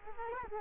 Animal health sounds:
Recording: mosquito wingbeat signal from an infrared sensor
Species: Culex quinquefasciatus

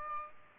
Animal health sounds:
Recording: mosquito wingbeat signal from an infrared sensor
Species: Aedes aegypti

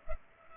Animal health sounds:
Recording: mosquito wingbeat signal from an infrared sensor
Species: Culex pipiens

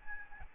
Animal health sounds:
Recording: mosquito wingbeat signal from an infrared sensor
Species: Aedes albopictus

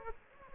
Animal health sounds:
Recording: mosquito wingbeat signal from an infrared sensor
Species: Aedes aegypti

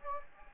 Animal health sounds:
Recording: mosquito wingbeat signal from an infrared sensor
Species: Anopheles gambiae

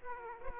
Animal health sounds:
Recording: mosquito wingbeat signal from an infrared sensor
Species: Aedes aegypti

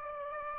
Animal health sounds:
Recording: mosquito wingbeat signal from an infrared sensor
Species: Aedes aegypti

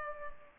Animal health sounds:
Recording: mosquito wingbeat signal from an infrared sensor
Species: Culex pipiens

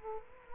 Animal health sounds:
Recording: mosquito wingbeat signal from an infrared sensor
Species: Culex quinquefasciatus

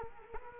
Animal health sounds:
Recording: mosquito wingbeat signal from an infrared sensor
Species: Culex quinquefasciatus

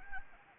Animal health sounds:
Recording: mosquito wingbeat signal from an infrared sensor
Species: Anopheles arabiensis

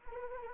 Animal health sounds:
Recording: mosquito wingbeat signal from an infrared sensor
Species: Anopheles arabiensis

